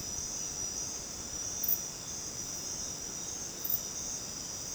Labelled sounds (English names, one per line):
none